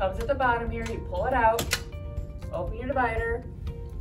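Someone talks over music while pulling out the plastic storage latch at the bottom of a folding room divider and opening the divider panels. The latch has not snapped back into its locked position yet; nothing has seated or clicked.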